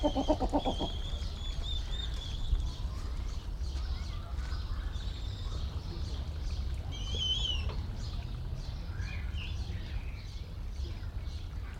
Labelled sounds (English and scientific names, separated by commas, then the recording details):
Snowy Owl (Bubo scandiacus) call
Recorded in captivity
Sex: pair
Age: adult
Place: Zoo Berlin, Berlin, DE
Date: 1994-05-28 10:54
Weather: bedeckt, 12-15°C
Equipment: Marantz CP 430, Sennheiser ME 80, Kopie Uher Variocord 263
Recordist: Tembrock, Günter